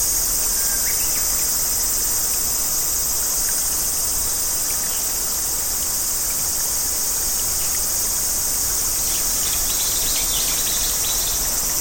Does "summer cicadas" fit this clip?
yes